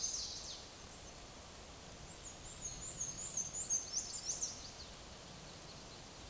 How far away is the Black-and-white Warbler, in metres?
about 35 m